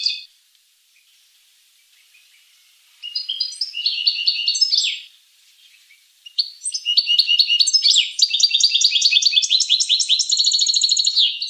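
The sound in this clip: Finch song: a brief high note, a pause, then a burst of buzzy trilled phrases, another short pause, and a long run of fast, rapidly repeated high notes with no other sounds.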